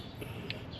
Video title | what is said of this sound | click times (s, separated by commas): Working on Larks Hella DE Fog lights / Bosch low beams D2S and changing out fuses #volkswagencars | I heard it pop. | 0.5 s